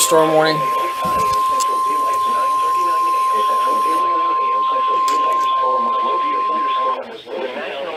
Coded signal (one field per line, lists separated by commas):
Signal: Emergency Alert System (SAME) tones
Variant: 1050 Hz attention tone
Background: speech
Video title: NOAA Radio (EAS # 419 443) Alerts From 6/28/18